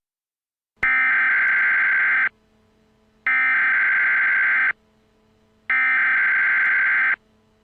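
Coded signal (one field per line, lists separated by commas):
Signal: Emergency Alert System (SAME) tones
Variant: header bursts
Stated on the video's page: Fictional EAS scenario deliberately using invalid tones.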